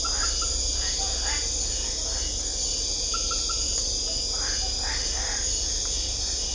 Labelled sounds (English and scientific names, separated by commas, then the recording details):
none
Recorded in secondary vegetation near Puerto Asís, Putumayo, Colombia, on 16 December 2024 at 20:30
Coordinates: 0.500, -76.326
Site G065